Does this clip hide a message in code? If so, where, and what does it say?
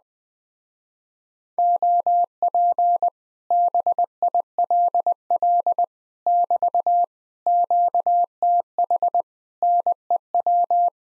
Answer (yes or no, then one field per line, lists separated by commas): yes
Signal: Morse code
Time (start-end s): 1.6-10.9 s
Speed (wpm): 20 wpm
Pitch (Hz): 700 Hz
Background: none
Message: OP BILL <BT> QTH NEW